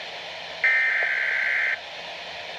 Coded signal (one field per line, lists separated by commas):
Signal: Emergency Alert System (SAME) tones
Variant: header bursts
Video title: Weatheradio Canada - Severe Thunderstorm Watch (EAS #125) 30/08/2014